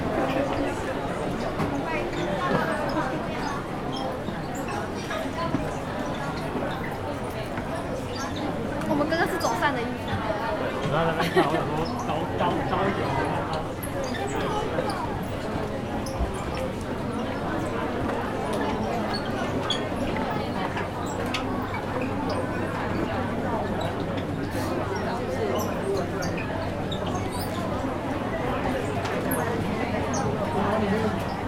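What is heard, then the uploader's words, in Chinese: Recorded upstairs in a bookstore: a steady murmur of many voices fills the room, with no single speaker standing out. Small knocks and clicks turn up now and then, a few near the ten-second mark, over a faint low hum. 誠品書店敦南分店。跟大家分享當天我在書店二樓記錄到的聲音。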